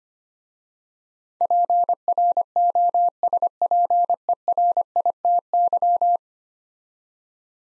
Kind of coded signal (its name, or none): Morse code